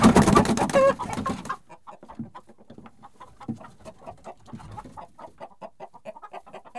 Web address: The BBC Sound Effects Library - Complete 60 CDs Collection Sound Effects Library (Livestock # 2 ) Hens Disturbed